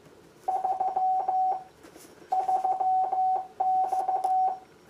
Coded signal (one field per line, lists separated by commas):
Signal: Morse code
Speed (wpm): 15 wpm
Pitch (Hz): 750 Hz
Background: none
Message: 3 3X